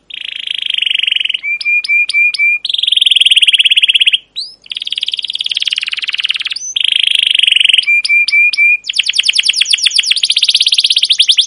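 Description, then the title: Canary song with sustained rolling trills alternating with short repeated whistled notes and a fast buzzy trill at the end. Captive canary long continuous chirping song used as a lure and model for teaching young canaries to sing. "CUIT CUIT NGEROL LANGSUNG GACOR PANJANG Kenari Ini AMPUH Utk Pancingan KENAR. PANCINGAN Kenari GACOR PANJANG Cuit CUIT EMOSI ini AMPUH utk MASTERAN Kenari PAUD belajar BUNYI"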